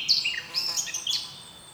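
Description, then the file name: Eurasian blackcap song fragment: brief bright whistled and chattering notes in quick succession, fading out. "Sylvia atricapilla"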